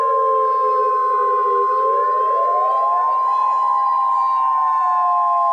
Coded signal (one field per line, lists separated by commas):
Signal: Emergency Alert System (SAME) tones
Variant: 1050 Hz attention tone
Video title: (VAILD TONES) a joke EAS scenario i made just for fun